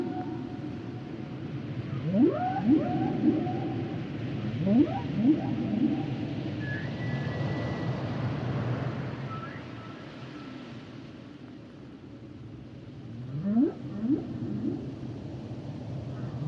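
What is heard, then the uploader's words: Humpback whale calls rise in sweeping upward moans, coming in pairs around 2, 5 and 14 seconds, with a thin high whistle near 7 seconds. Beneath them runs a steady low rumbling wash that thins out after about 11 seconds. The songs and sounds of the humpback whale.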